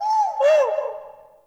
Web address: Soulframe Sounds. Forest Open Glade Day Forest Open Glade Bird Far